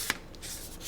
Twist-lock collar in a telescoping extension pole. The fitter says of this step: You twist and you can hear a little click inside of it to lock it.